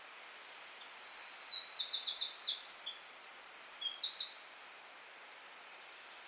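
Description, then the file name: Eurasian wren song, a vigorous burst of piercing high trills, buzzy rattles and rapid chirps lasting about five seconds, then silence. "Troglodytes troglodytes"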